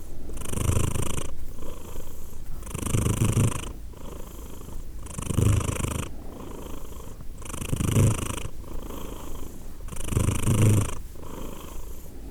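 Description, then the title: Domestic cat purring steadily, low buzzy rumble pulsing on each breath about every two and a half seconds. Cat named Edith purring; Glasgow, Scotland; December 2023. "Edith purring, Glasgow, Scotland in December 2023 – by Steve Urquhart"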